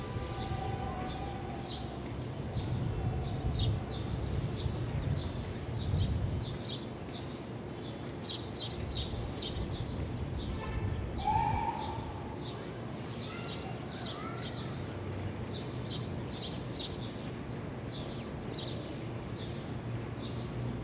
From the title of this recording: Ext, Brooklyn Roof